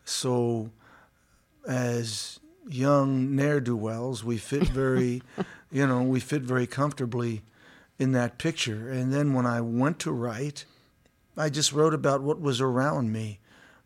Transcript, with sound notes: So as young ne'er-do-wells, we fit very...
(Laughter).
You know, we fit very comfortably in that picture. And then when I went to write, I just wrote about what was around me.